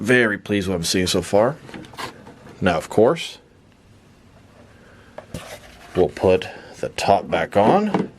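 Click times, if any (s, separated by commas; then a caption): none. Someone talks while the removable top cover of a plastic custom Bat Tank toy vehicle, a 1:12-scale Batman Dark Knight Returns tank built for 6–7 inch McFarlane DC Multiverse action figures, is being put back onto its hull. Soft handling sounds come through a quiet gap, with brief knocks around 3.7 s, 5.2 s and 5.4 s. The clip ends before the top goes home, so nothing has seated or clicked yet.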